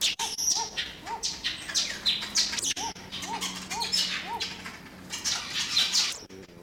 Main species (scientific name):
Eupodotis senegalensis